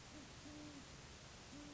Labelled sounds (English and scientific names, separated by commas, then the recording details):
Great Horned Owl (Bubo virginianus)
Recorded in Sonoma County, California